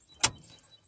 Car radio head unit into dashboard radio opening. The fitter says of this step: Now, you don't have to put your tool back in. You can just push it to till it clicks in.